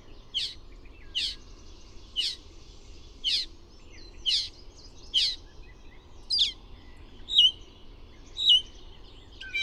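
Bird song: buzzy, high notes repeated about once a second, then a few thin whistled notes toward the end.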